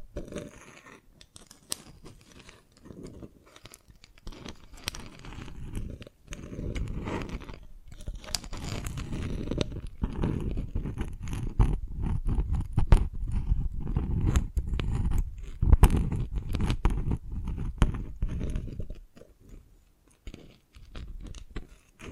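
Tapping and cracking on dalgona candy, a dense run of sharp clicks and brittle snaps layered over a low, rumbling crunch. The activity swells from about six seconds and stays busy until near nineteen seconds, then thins to a few scattered taps.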